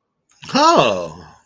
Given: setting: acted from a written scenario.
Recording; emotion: vocal sound without words; positive surprise